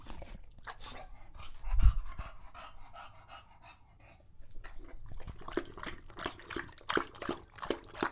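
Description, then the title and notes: English Bulldog drinking water from a bowl, with wet lapping sounds growing busier later and a low thump early on. Male English Bulldog named Lucho, pet, drinking water from a bowl after a long walk, heavy breathing between drinks from being out of breath. "English Bulldog Drinks from Water Bowl - Weird Sounds. listen to Lucho the English Bulldog as he tries to drink water after a long walk. Don't let his heavy breathing fool you in between drinks"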